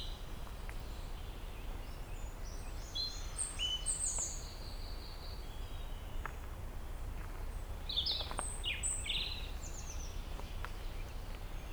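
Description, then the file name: European robin giving high, tinkling whistled notes in two brief groups, with occasional clicks and a steady low drone underneath. "Erithacus rubecula"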